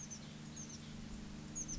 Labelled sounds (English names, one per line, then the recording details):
Oak Titmouse
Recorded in Sonoma County, California